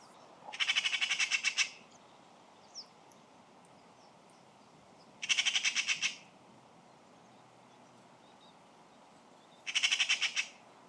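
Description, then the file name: Eurasian magpie chattering in three loud, rasping bursts of quick repeated clacks, each about a second long, spaced roughly four seconds apart over faint background hiss. "Pica pica"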